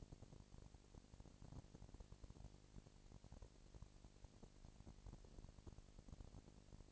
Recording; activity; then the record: daily activity, microphone in the room; no activity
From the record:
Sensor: 5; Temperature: 19.8 degrees Celsius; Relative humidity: 36.7%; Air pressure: 997.0 hPa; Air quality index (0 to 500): 169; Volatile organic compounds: 14 ppm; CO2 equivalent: 2441 ppm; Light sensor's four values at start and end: 2/3/1/1 and 2/3/1/1